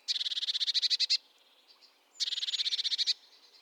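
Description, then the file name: Eurasian blue tit churring call: two harsh buzzy rattles about a second long each, made of rapid pulsed notes, separated by a short pause. "Cyanistes caeruleus"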